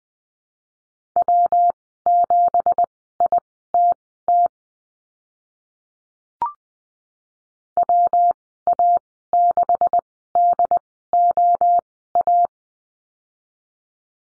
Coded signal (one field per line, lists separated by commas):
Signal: Morse code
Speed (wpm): 20 wpm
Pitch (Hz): 700 Hz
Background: none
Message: W7ITT WA6DOA